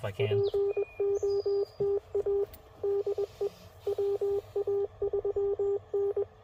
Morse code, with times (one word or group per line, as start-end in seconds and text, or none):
0.2-2.4 POTA
2.8-3.5 DE
3.9-6.2 WA3N